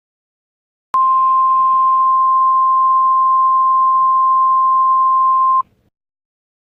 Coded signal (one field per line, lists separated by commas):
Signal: Emergency Alert System (SAME) tones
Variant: 1050 Hz attention tone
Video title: EAS But Is Lincoln & Ronnie Anne